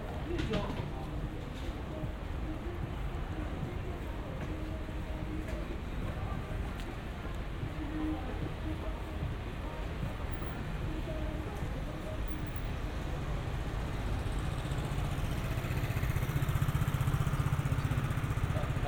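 A Chinatown street in Yokohama, Japan, with a steady murmur of voices. Low rumbling traffic runs underneath throughout and grows louder and heavier after about fifteen seconds, when an engine hum swells. Faint clicks and footsteps surface now and then.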